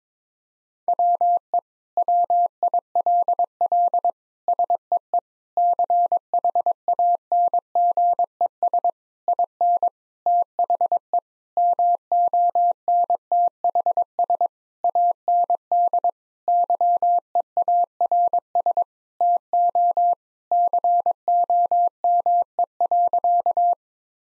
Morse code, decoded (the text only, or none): WE WILL SEE CHANGES IN THE MONTHS AND YEARS TO COME.